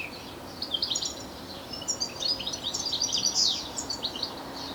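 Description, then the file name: European goldfinch twittering, scattered high chirps gathering into a fast tinkling chatter midway, then easing off. "Carduelis carduelis"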